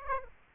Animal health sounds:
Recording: mosquito wingbeat signal from an infrared sensor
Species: Aedes aegypti

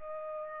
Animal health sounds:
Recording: mosquito wingbeat signal from an infrared sensor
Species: Culex pipiens

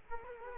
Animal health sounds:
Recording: mosquito wingbeat signal from an infrared sensor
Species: Culex quinquefasciatus

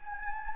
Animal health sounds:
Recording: mosquito wingbeat signal from an infrared sensor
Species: Anopheles gambiae

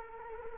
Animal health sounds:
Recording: mosquito wingbeat signal from an infrared sensor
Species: Culex quinquefasciatus

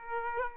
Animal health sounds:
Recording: mosquito wingbeat signal from an infrared sensor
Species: Aedes aegypti

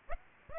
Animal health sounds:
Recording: mosquito wingbeat signal from an infrared sensor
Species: Aedes aegypti

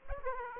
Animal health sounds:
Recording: mosquito wingbeat signal from an infrared sensor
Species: Aedes aegypti

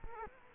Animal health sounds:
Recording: mosquito wingbeat signal from an infrared sensor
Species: Culex quinquefasciatus

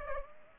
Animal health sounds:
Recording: mosquito wingbeat signal from an infrared sensor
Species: Culex pipiens

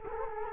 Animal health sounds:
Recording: mosquito wingbeat signal from an infrared sensor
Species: Culex quinquefasciatus

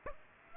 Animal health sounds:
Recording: mosquito wingbeat signal from an infrared sensor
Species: Aedes aegypti

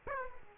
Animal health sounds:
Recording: mosquito wingbeat signal from an infrared sensor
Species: Aedes aegypti

